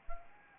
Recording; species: mosquito wingbeat signal from an infrared sensor; Anopheles arabiensis